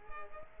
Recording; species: mosquito wingbeat signal from an infrared sensor; Culex quinquefasciatus